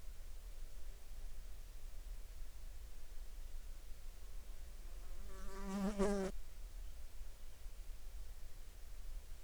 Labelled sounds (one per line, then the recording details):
insects
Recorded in the Arctic National Wildlife Refuge, Alaska, on 16 July 2019 at 20:29
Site 38